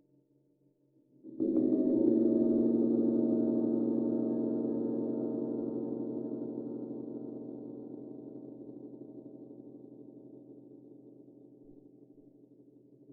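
A gong is struck once just after the first second, following a faint low hum. Its deep, warm tone blooms quickly, then rings steadily with layered low and middle pitches, fading slowly and evenly through the rest of the clip without ending.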